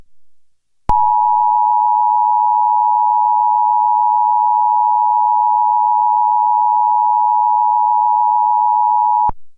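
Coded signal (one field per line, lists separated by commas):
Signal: Emergency Alert System (SAME) tones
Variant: 853 and 960 Hz attention tone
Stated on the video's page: Fictional mock EAS alert.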